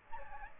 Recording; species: mosquito wingbeat signal from an infrared sensor; Aedes albopictus